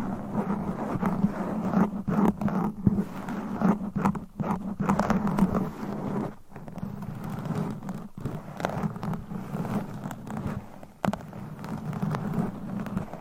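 Mic scratching fills the clip with a dense, constant rough rustle, thickest in the low-middle range with a steady buzzing band underneath. Brief dropouts and sharp cuts break it up around 2, 3, 6.5, 8 and 11 seconds, and the scratching resumes immediately after each.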